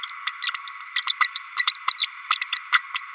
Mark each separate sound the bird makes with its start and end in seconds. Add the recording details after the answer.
0.03-0.10, 0.26-0.35, 0.42-0.51, 0.54-0.63, 0.95-1.03, 1.07-1.14, 1.20-1.40, 1.56-1.64, 1.67-1.76, 1.87-2.07, 2.30-2.38, 2.40-2.47, 2.52-2.60, 2.72-2.80, 2.94-3.00. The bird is a female. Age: 32 days. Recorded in a nest box in Venezuela. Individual 17B32A5